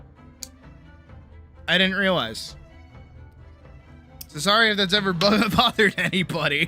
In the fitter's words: But you can hear the click when I like open it.